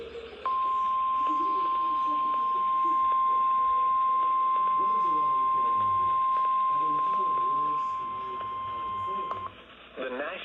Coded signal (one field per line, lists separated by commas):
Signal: Emergency Alert System (SAME) tones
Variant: 1050 Hz attention tone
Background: speech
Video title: More Warnings mostly severe thunderstorm NOAA Weather Radio Omaha